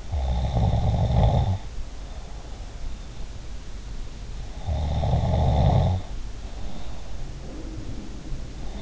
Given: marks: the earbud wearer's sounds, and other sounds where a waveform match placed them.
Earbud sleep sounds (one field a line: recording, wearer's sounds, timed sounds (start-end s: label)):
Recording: sounds in sleep by an in-ear microphone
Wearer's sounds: snoring breath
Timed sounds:
0.00-1.70 s: snoring breath
4.57-6.11 s: snoring breath
7.33-8.81 s: sound from someone else or the room